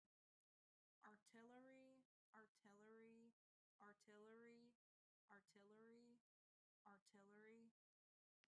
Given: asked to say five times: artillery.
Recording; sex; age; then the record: repeated word; female; 20 to 29 years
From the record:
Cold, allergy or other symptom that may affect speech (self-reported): no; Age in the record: 23 years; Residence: Indiana, United States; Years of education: 13